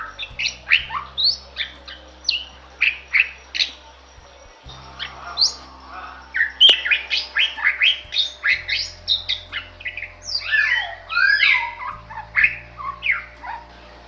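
Bali myna calls: a busy string of varied chirps, squeaky whistles and looping notes, delivered rapidly and unevenly, over a faint low hum.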